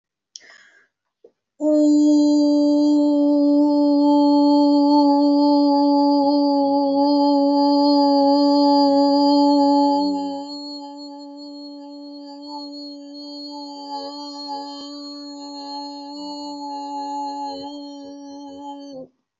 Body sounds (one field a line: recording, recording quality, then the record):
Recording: sustained vowel as in boot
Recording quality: excellent, no background noise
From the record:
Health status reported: healthy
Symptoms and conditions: none ticked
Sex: female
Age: 30 years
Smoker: not ticked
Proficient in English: yes